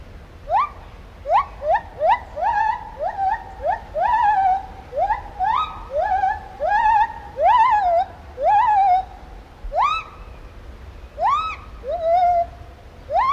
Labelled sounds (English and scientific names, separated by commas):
Lar Gibbon (Hylobates lar)